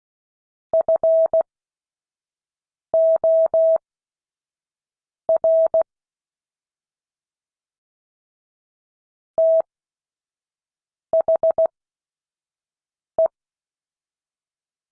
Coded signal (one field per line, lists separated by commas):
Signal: Morse code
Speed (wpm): 16 wpm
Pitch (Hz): 650 Hz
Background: none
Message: FOR THE